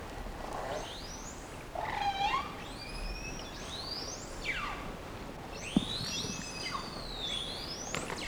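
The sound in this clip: Whale whistles: overlapping high sweeping tones, some rising and others falling, with a harmonic squeal near two seconds, over a steady hiss.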